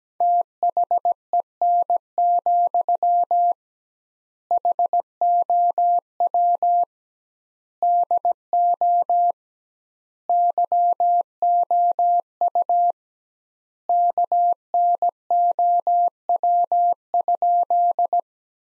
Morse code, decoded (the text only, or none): THEN, HOW DO YOU KNOW?